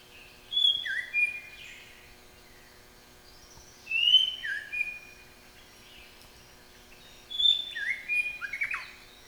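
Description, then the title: White-rumped shama song: three rich whistled phrases of slurred notes, each about three seconds apart, with quiet pauses between them. Nationally champion-level bird; masteran used to train pet songbirds to sing. "Suara Murai Batu Juara Nasional"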